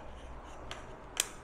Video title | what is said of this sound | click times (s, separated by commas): Swiffer Sweeper Tutorial and Hack - How to Clean Your Floors Faster and Easier | once you hear the click the snap sound | 1.2 s